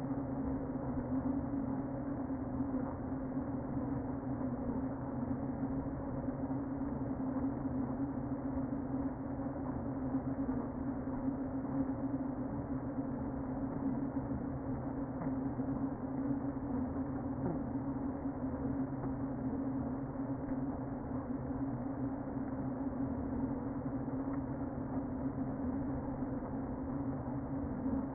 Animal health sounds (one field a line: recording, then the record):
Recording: honeybee colony, microphone inside the hive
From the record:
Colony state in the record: queen present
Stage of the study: before two queens were removed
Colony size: about 60,000 bees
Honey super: yes